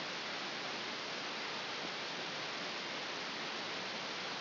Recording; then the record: brain microelectrode recording played as sound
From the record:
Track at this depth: inside the subthalamic nucleus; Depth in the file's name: 2.931 mm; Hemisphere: left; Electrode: 2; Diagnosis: Parkinson's disease